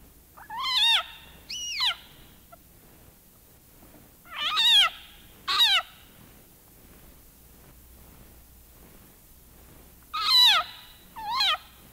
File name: Scream of the Southern Leopard Frog (Rana utricularia)